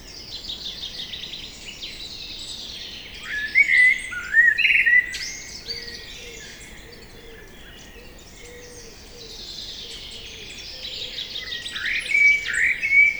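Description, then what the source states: Common blackbird with two whistled song phrases, each ending in twittering, over faint background birdsong. Evening chorus at Lac de Barterand, Magnieu, France; blackbird singing trills from a tree by the lake; recorded with Sennheiser MKH8040 ORTF stereo microphones and a Zoom F8.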